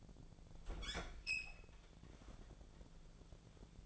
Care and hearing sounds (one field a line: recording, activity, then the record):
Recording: daily activity, microphone in the room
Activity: open fridge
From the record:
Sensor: 5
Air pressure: 1000.2 hPa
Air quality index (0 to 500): 100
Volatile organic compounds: 1 ppm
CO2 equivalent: 814 ppm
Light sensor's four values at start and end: 237/562/240/264 and 241/571/244/268